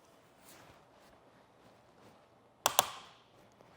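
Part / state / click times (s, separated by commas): torque-limiting Allen key on a roof rack tower clamp bolt / torque reached / 2.7 s, 2.8 s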